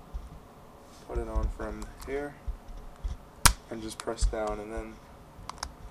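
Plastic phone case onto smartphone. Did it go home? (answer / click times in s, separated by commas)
yes / 5.5 s, 5.6 s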